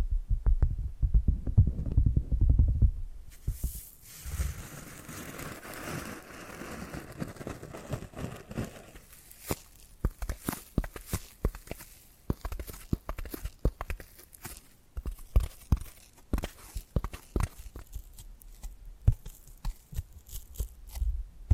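Tapping and scratching sounds begin with a few seconds of low, thumping rumble, then give way to a soft rasping scratch. From about ten seconds on, quick, irregular taps dominate, sharp little clicks arriving in dense clusters with brief gaps, over a faint low hum.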